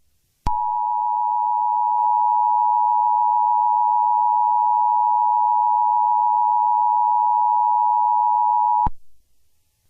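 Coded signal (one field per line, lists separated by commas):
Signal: Emergency Alert System (SAME) tones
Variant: 853 and 960 Hz attention tone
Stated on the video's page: Fictional EAS scenario; the alert did not happen in real life.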